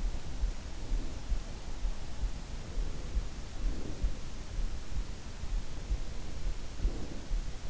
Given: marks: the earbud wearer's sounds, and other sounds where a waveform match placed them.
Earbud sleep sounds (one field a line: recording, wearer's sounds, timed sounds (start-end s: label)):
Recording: sounds in sleep by an in-ear microphone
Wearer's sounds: breath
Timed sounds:
0.07-1.49 s: breath
3.33-4.30 s: breath
6.47-7.69 s: breath